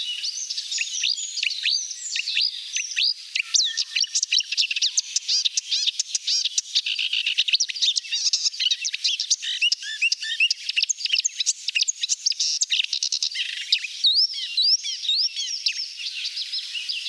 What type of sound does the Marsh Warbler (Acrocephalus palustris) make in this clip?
song